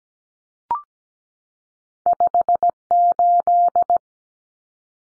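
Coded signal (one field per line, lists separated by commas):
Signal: Morse code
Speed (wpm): 17 wpm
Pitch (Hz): 700 Hz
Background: none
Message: 58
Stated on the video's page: Common cut numbers sent at 17 wpm for head-copy practice, each two-digit number sent in Morse, spoken, then sent again.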